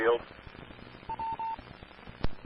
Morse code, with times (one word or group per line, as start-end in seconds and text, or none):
none